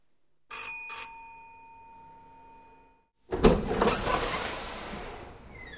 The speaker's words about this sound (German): Kaiser Wilhelmring. Greif. Gilgi klingelt.